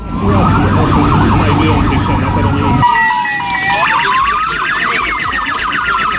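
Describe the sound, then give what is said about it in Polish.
Loud civil defense sirens wail continuously for several seconds in a test alarm during an exercise in Warsaw, Poland, several rising-and-falling tones overlapping in quick sweeps, with a low rumbling hum beneath at first that then drops away. “No były ogłoszenia, próba, test syren.”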